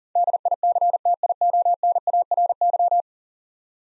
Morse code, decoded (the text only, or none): DICTIONARY